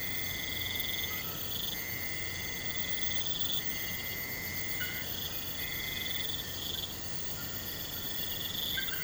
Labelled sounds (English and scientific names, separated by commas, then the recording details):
none
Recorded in pastures near Puerto Asís, Putumayo, Colombia, on 21 March 2025 at 02:00
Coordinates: 0.472, -76.329
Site G074